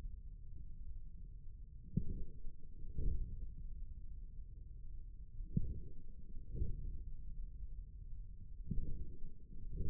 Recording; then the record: forearm muscle sounds (acoustic myography)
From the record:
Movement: forearm pronation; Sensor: system 1, eight BSWA MPA416 microphones around the upper forearm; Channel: 4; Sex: male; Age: 41 years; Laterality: right